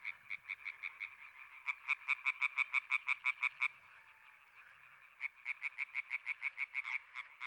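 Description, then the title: European tree frog chorus, rapid nasal croaks pulsing about three per second in two bursts separated by a quiet gap near four to five seconds. Many European tree frogs in intense activity at the Marguilliers pond, Sologne, France, 21 May 1993, an hour after nightfall. "Choeur de rainettes en Sologne"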